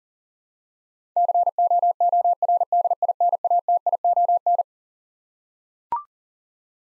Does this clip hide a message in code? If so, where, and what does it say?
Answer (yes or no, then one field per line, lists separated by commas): yes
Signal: Morse code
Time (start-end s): 1.2-4.6 s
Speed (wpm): 40 wpm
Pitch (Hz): 700 Hz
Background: none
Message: COORDINATION